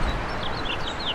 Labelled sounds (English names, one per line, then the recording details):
House Finch song
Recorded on Long Island, New York, on 8 May 2012
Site VS
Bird A